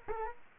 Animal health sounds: mosquito wingbeat signal from an infrared sensor; Culex quinquefasciatus

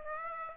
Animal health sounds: mosquito wingbeat signal from an infrared sensor; Aedes aegypti

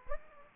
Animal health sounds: mosquito wingbeat signal from an infrared sensor; Aedes aegypti

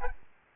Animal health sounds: mosquito wingbeat signal from an infrared sensor; Aedes albopictus

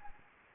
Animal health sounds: mosquito wingbeat signal from an infrared sensor; Anopheles gambiae

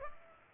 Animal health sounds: mosquito wingbeat signal from an infrared sensor; Culex pipiens

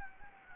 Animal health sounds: mosquito wingbeat signal from an infrared sensor; Anopheles gambiae

